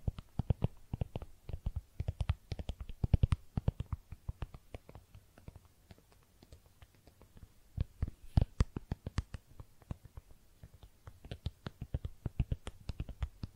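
Makeup tapping and scratching: a steady run of sharp, crisp taps, fairly dense and irregular, sometimes in quick bursts of several. Each tap has a low thud under a bright click, and a soft low hum sits beneath throughout.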